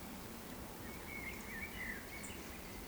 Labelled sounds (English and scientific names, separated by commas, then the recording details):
Eurasian Woodcock (Scolopax rusticola) whistle
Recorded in Baden-Württemberg, Germany, on 15 June 2020 at 19:28 UTC
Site 14569, 102 m above sea level